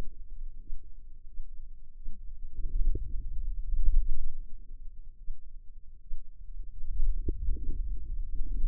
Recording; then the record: forearm muscle sounds (acoustic myography)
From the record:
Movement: wrist extension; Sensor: system 2, bracelet of six BSWA MPA416 microphones around the upper forearm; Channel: 1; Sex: female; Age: 25 years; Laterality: right